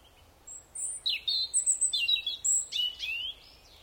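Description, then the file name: European robin delivering a rapid, tinkling phrase of high varied notes, whistled slides and trills lasting about three seconds. "Erithacus rubecula"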